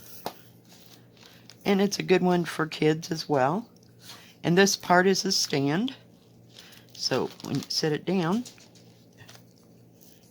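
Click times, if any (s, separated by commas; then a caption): none. A plastic diamond-painting drill pen is handled near its matching plastic stand, which it is meant to lock into so it can stand up and not get lost. Someone talks throughout, with a few faint handling taps and clicks in the pauses. Nothing has seated or clicked into the stand yet.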